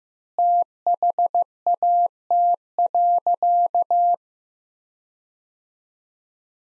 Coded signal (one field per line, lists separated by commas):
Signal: Morse code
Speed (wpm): 16 wpm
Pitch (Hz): 700 Hz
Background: none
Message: THAT.